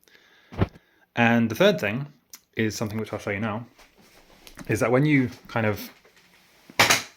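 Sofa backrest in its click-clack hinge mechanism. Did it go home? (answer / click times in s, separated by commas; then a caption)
yes / 6.8 s. Someone talks while lifting the backrest of a faux-leather sofa bed, with a brief tap near 0.6 s. At 6.8 s the backrest's click-clack hinge mechanism engages with a sharp click, seating it so it can be lowered to recline toward bed mode.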